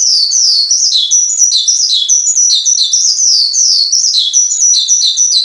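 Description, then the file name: Horsfield's bushlark singing quick, high whistled notes that slide downward, repeated in a lively, continuous chattering stream. Local name branjangan; the song is described as gacor, a lively, nonstop singing style. "suara branjangan gacor istimewa"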